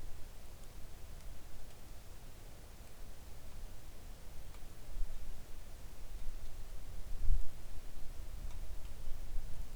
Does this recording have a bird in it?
no